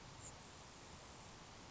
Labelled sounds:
Grasshopper Sparrow
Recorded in Sonoma County, California

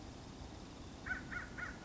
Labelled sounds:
American Crow
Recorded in Sonoma County, California

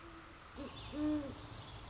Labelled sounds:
Great Horned Owl
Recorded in Sonoma County, California

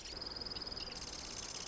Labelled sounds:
Marsh Wren
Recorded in Sonoma County, California

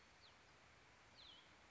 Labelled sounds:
Cassin's Vireo
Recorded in Sonoma County, California

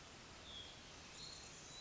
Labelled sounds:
Hutton's Vireo
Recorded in Sonoma County, California

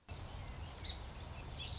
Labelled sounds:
Song Sparrow
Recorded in Sonoma County, California

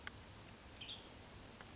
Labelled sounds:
Western Tanager
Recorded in Sonoma County, California

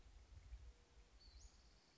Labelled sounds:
Western Flycatcher
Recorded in Sonoma County, California

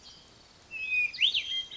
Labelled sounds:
Hermit Thrush
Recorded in Sonoma County, California

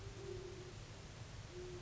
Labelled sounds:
Great Horned Owl
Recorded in Sonoma County, California

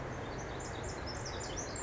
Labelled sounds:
Pacific Wren
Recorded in Sonoma County, California

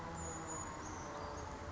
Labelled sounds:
Brown Creeper
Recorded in Sonoma County, California

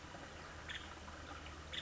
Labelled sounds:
Nuttall's Woodpecker
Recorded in Sonoma County, California

